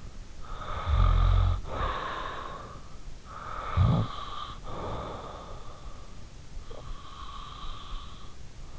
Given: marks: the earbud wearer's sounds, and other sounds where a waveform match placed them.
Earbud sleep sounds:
sounds in sleep by an in-ear microphone; snoring breath, breath
0.50-2.79 s: snoring breath
3.53-5.65 s: snoring breath
6.16-8.79 s: breath

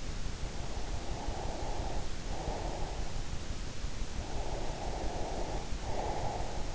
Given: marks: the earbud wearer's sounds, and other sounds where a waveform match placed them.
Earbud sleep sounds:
sounds in sleep by an in-ear microphone; breath
0.66-3.18 s: breath
4.25-6.75 s: breath

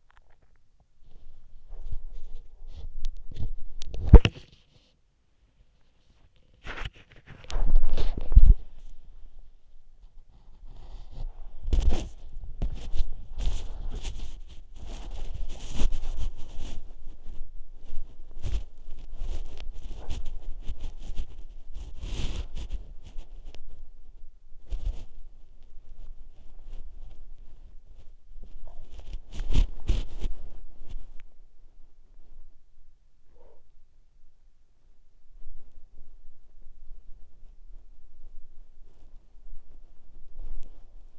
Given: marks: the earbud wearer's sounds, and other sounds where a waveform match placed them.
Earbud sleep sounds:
sounds in sleep by an in-ear microphone; body movement
0.00-41.19 s: body movement

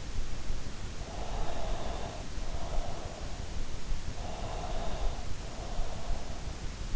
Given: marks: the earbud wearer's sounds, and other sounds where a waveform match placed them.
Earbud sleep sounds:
sounds in sleep by an in-ear microphone; breath
1.30-3.30 s: breath
4.27-6.44 s: breath

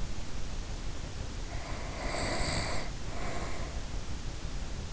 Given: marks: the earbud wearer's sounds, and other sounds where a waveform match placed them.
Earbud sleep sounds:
sounds in sleep by an in-ear microphone; breath
1.42-3.92 s: breath

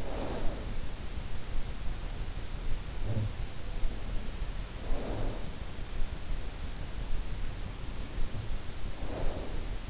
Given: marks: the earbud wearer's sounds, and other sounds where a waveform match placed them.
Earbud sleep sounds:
sounds in sleep by an in-ear microphone; snoring breath
0.00-0.91 s: snoring breath
3.06-3.28 s: snoring breath
4.97-5.54 s: snoring breath
8.83-9.57 s: snoring breath

